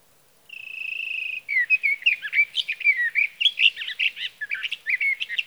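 Sage thrasher singing: a steady, slightly buzzy held note, then a rapid, rambling string of varied warbled phrases that runs on for several seconds.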